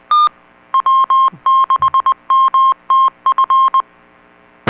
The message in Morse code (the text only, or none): W6MTF